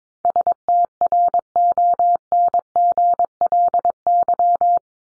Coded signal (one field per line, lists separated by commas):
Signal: Morse code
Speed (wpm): 22 wpm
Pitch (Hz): 700 Hz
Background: none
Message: STRONGLY